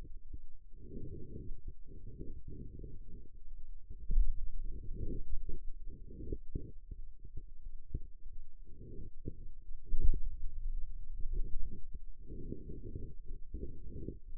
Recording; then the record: forearm muscle sounds (acoustic myography)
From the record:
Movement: pen grasping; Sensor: system 2, bracelet of six BSWA MPA416 microphones around the upper forearm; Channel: 5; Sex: male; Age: 22 years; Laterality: right